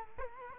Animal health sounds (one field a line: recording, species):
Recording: mosquito wingbeat signal from an infrared sensor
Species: Culex quinquefasciatus